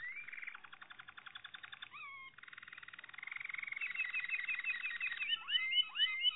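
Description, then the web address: Malinois canary song with rolling rapid trills, a short swooping whistle, a long rattling tour, then clear upslurred whistled notes near the end. "~joaopt canarios racas canto malinois"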